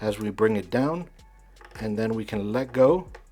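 An M.2 SSD retention latch on a motherboard is pressed down while its release button is held, then let go so it can lock. Someone talks throughout, with a short quiet pause in the middle. Nothing has seated or clicked yet by the end of the clip.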